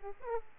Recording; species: mosquito wingbeat signal from an infrared sensor; Aedes aegypti